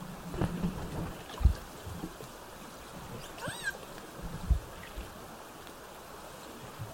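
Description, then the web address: Killer whale pulsed call, one harmonic-rich squeal midway, over steady underwater hiss with scattered clicks and low thumps. Southern Resident killer whales with a calf present, recorded 17 September 2024 in bouts between 16:32 and 17:50. "SRKW bouts 240917-1700-OS-L 90 calf 240917-1632-1750-OS-L 90 calf"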